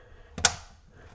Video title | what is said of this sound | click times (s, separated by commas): DIY Bathroom Faucet Upgrade - Remove Old, Install New | you hear that? So, once you hear the click, you pull it a little. | 0.4 s